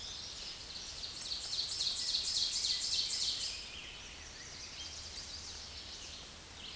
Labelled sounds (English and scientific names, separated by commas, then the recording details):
Ovenbird (Seiurus aurocapilla) song
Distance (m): 35 m
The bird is about 5 m above the microphone
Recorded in a Pennsylvania forest on 16 May 2024 at 07:33
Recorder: AudioMoth, point MSD-0475
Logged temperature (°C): 12.3 °C
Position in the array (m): 170 m, -29 m